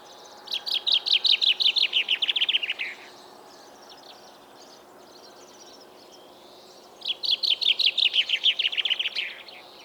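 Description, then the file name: Common chaffinch song: two bright, rattling descending phrases, each about two and a half seconds long, separated by a quiet pause. "Fringilla coelebs"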